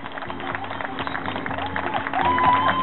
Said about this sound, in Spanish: Vamos a dar un gran aplauso por este programa que hemos hecho. Muchas gracias a todos y a todas.